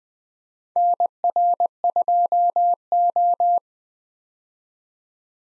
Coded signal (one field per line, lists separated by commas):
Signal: Morse code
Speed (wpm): 21 wpm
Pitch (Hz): 700 Hz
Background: none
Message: NR2O